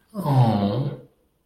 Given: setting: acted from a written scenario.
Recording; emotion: vocal sound without words; sympathy